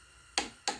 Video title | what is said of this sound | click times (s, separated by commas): #64 Case D Engine Assembly | you all heard the click | 0.4 s